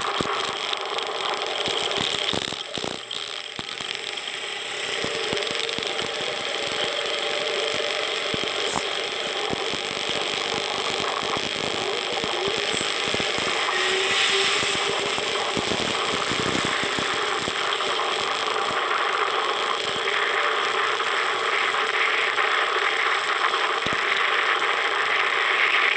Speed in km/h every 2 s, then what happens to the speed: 17, 9, 10, 14, 17, 19, 20, 23, 26, 29, 33, 35, 36.
0-3 slows to 9. 3-21 speeds up to 35.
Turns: 0-8.